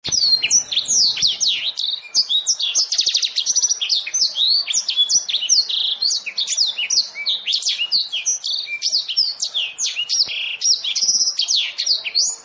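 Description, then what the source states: Bird song, a rich, rapid stream of varied high chirps, trills and slurred whistles, running without pause through the whole stretch. Ringtone of melodious bird song.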